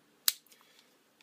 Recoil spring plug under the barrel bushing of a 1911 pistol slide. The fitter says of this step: that recoil spring plunger will snap into place